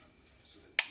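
A click-type torque wrench tightens a main bearing cap bolt on a Massey Ferguson 35 gas tractor engine during a main bearing rebuild. After near silence, the wrench breaks over with one sharp, bright click at 0.8 s that quickly fades, confirming the bolt has reached the set torque.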